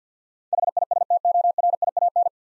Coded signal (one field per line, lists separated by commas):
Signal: Morse code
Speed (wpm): 50 wpm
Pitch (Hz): 700 Hz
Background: none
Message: HISTORIAN